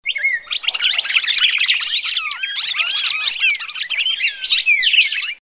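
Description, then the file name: Red-crested Cardinal fighting call: fast, crowded phrases of clear whistles, squeaky notes and scratchy chips, continuous throughout. Red-crested Cardinal giving a fighting (tarung) call. "suara burung red crested cardinal tarung omkicau"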